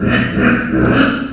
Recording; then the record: squeal of a Yucatan mini pig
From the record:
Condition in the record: after surgery on the right vocal fold (resection and tissue-engineered implant); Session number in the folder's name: 6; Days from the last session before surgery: 40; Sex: female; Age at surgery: 19 weeks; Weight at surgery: 25 kg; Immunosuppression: prednisolone